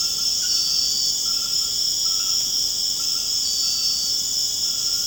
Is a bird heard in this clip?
no